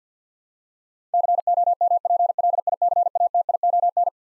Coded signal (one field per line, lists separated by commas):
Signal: Morse code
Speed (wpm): 50 wpm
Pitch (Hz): 700 Hz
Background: none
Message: COMPLICATION